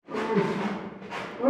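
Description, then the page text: Brown bear producing a rough, throaty roar that rises, dips briefly, and then returns with a louder burst at the close. Captive brown bear in a zoo in Madrid, Spain, roaring as if calling for help. "oso pardo ruge pidiendo ayuda"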